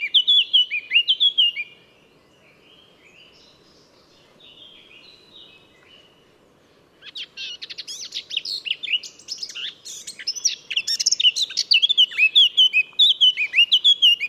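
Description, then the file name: Eurasian blackcap song: a quick whistled phrase opens, followed by a long pause with faint twittering, then a busy scratchy warble ending in clear fluty notes. "Sylvia atricapilla"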